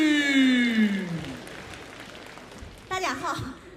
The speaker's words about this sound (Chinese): 今天我为大家介绍的是来自一位中国的明星，他的名字叫做秋菊，让我们用掌声有请秋菊。